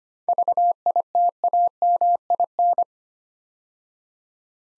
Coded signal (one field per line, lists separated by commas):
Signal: Morse code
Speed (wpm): 25 wpm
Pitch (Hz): 700 Hz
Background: none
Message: VITAMIN